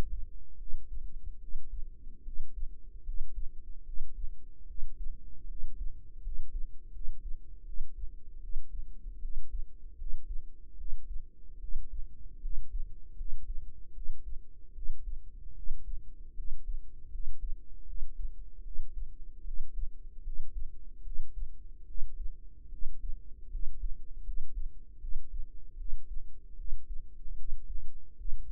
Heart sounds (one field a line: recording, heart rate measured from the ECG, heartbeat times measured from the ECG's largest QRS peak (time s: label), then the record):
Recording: heart sounds by microphone in the right ear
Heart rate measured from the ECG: 76 bpm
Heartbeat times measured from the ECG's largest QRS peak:
0.56 s: heartbeat
1.38 s: heartbeat
2.22 s: heartbeat
3.02 s: heartbeat
3.83 s: heartbeat
4.65 s: heartbeat
5.45 s: heartbeat
6.20 s: heartbeat
6.90 s: heartbeat
7.63 s: heartbeat
8.38 s: heartbeat
9.19 s: heartbeat
9.95 s: heartbeat
10.75 s: heartbeat
11.58 s: heartbeat
12.39 s: heartbeat
13.14 s: heartbeat
13.92 s: heartbeat
14.72 s: heartbeat
15.53 s: heartbeat
16.33 s: heartbeat
17.09 s: heartbeat
17.84 s: heartbeat
18.61 s: heartbeat
19.42 s: heartbeat
20.21 s: heartbeat
21.01 s: heartbeat
21.84 s: heartbeat
22.68 s: heartbeat
23.48 s: heartbeat
24.22 s: heartbeat
24.98 s: heartbeat
25.76 s: heartbeat
26.55 s: heartbeat
27.35 s: heartbeat
28.15 s: heartbeat
From the record:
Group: healthy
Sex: female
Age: 19 years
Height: 163 cm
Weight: 48.9 kg